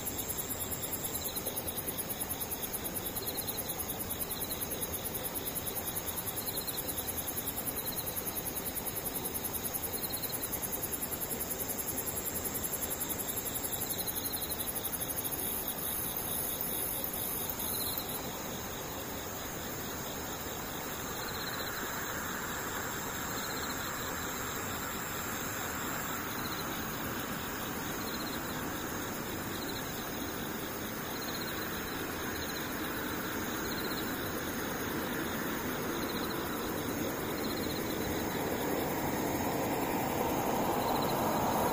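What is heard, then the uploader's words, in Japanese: Steady, dense rain hisses through the whole clip, with a constant high insect drone and cicada-like pulses repeating about once a second. The wash of rain swells brighter around the middle and again toward the end, without ever letting up. 雨ムシセミ無音。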